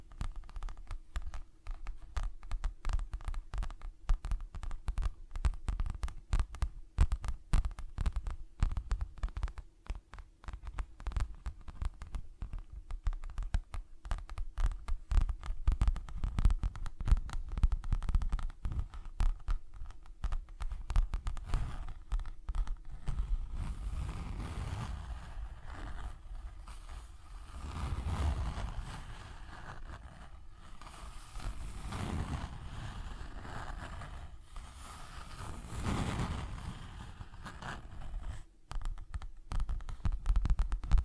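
Tapping and scratching sounds fill the clip in dense, rapid clicks for the first twenty seconds, over a low steady hum. After that the pattern loosens into slower rubbing swells with deeper thumps around 27 and 36 seconds.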